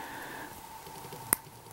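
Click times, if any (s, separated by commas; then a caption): 1.3 s. A plastic open-palm grappling hand is pushed onto the wrist ball joint of a Robot Damashii Gundam Age-1 Titus action figure over a faint steady hum. A single sharp, bright snap rings out at 1.3 s as the hand seats in place, followed by a much softer tick near 1.7 s.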